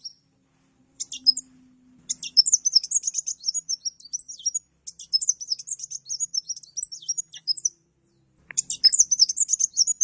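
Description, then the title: Mixed birds: songbird song of rapid high chattering phrases in several long bursts, with a brief low hum and a click. "Burung Campur"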